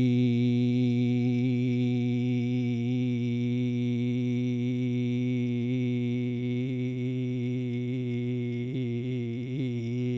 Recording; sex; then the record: sustained vowel /i/; male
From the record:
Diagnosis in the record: Parkinson's disease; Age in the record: 72 years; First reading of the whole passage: 118 s, 4.4 characters per second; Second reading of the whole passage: 99 s, 5.2 characters per second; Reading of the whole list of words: 88 s, 3.2 characters per second